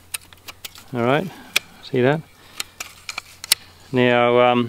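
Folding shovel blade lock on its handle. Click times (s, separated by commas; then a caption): 0.1 s. The head of a Drifta Stockton folding recovery shovel is swung down on its handle until its strong blade-locking mechanism engages with a sharp click at 0.2 s, locking the head in place. Someone talks in short bursts while further light clicks and rattles follow, with the loudest near 3.5 s.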